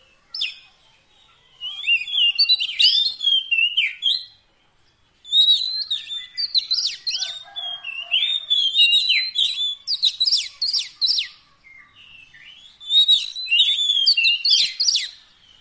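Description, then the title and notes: Oriental magpie-robin pours out long stretches of varied whistling and harsh notes, with a pause after about four seconds. Long-duration fill-in (isian) song meant to make a kacer sing vigorously (gacor) day and night. "Kacer Jadi Gacor Siang Malam. Isian Kacer Durasi Panjang"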